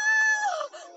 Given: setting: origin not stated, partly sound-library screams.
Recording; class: one-second piece from a danger detection set; woman in danger